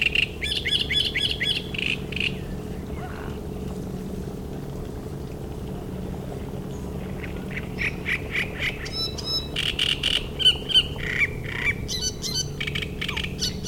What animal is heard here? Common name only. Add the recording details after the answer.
Great Reed Warbler. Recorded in the wild. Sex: male. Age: adult. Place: Müggelsee, Berlin, DE. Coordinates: 52.43, 13.64. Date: 1991-06-07 19:40. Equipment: Uher 4400 Report Monitor, Sennheiser ME 80, K 30 AV. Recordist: Fischer, Stefan. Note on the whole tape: Tier M 1453, in aufgehorstetem Schilfbestand: Gesang